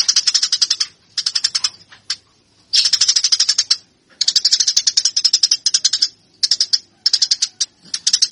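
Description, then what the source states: Eurasian tree sparrow fighting chatter in bursts of rapid shrill chirps of varying length, separated by short silences. Fighting (tarung) sounds of the tree sparrow (burung gereja).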